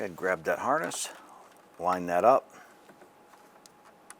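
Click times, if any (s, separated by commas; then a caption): none. Someone talks while the wiring harness connector is grabbed and lined up with the new headlight switch assembly on a 2002-2008 Dodge Ram 1500, followed by quiet handling with faint light ticks. The connector has not yet been pressed in, and nothing has snapped or seated yet.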